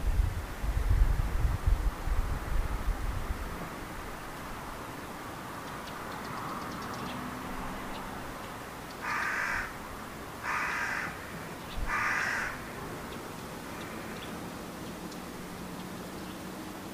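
A bird calls three times in short, raspy bursts at about nine, ten and a half and twelve seconds, with a fainter call near fourteen. The opening seconds carry a low, buffeting rumble, then a steady quiet hiss fills the background.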